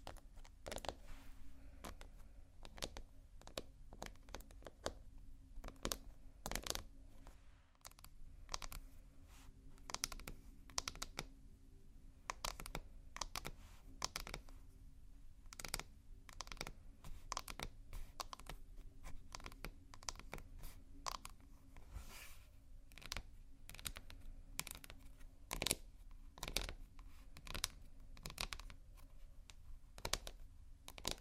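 Slow scratching and tapping on textured surfaces, with crisp clicking strikes scattered throughout at an uneven, unhurried pace. Between taps a soft rasping scrape continues over a faint low hum. A brief near-silent pause falls around eight seconds.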